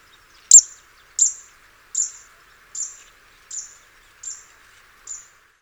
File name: Cisticola juncidis